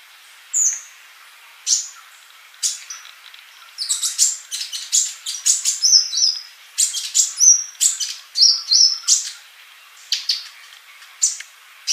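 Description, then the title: Bird: scattered single chirps at first, building into busy sequences of sharp high notes and short warbled whistles. "Kicau Burung"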